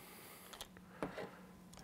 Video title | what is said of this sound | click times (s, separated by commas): UNBOXING BATTLBOX MISSION 78 | And they just snap right in like that. | 1.0 s